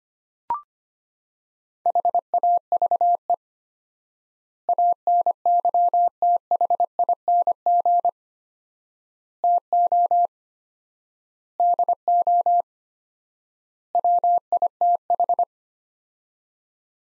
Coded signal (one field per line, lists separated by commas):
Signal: Morse code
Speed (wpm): 25 wpm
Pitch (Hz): 700 Hz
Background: none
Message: HAVE ANYTHING TO DO WITH